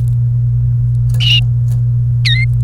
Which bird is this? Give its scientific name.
Serinus canaria